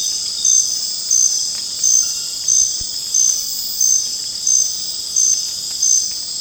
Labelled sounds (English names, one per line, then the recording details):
none
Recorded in secondary vegetation near Puerto Asís, Putumayo, Colombia, on 27 June 2025 at 20:00
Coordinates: 0.484, -76.319
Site G074